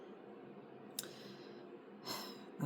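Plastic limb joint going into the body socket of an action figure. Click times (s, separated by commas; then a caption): 1.0 s. A plastic limb joint on a Medicom Real Action Heroes figure (RAH 308, Ginko) is pushed back into its body socket during restoration, giving one sharp, bright click at 1.0 s over quiet background hiss. Softer handling noise follows around 2.1 s and at the very end. The joint seats easily, without needing to be filed down.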